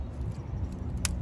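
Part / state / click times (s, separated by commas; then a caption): wiring harness connector onto oil pressure sensor / seated / 1.1 s. A plastic wiring harness connector is pushed onto the new oil pressure sensor of a 2011-2017 Dodge Charger/Challenger/Chrysler 300 3.6L, replaced for code P0522. Over a low, steady rumble, one sharp, bright snap is heard at 1.1 s, and the connector is seated.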